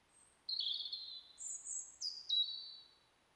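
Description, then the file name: European robin song: a thin, high whistled phrase of sustained notes that step from a middle pitch up to a very high note and back down, lasting about two and a half seconds. "Erithacus rubecula"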